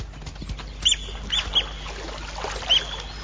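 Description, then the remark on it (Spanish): A small white plover, whose eggs are buried in the sand at the edge of a waterhole, gives a handful of sharp, high-pitched cries as impalas flee from it, about four short calls spaced irregularly, over a steady low rumble of outdoor background noise. “Estos impalas escapan de un chornito blanco cuyos huevos están enterrados en la arena.”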